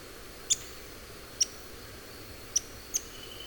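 Pink-legged graveteiro giving four sparse, sharp, high tick notes spaced irregularly, the last two close together, against a steady soft hiss.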